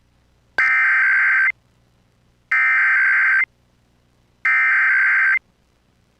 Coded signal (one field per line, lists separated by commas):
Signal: Emergency Alert System (SAME) tones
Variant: header bursts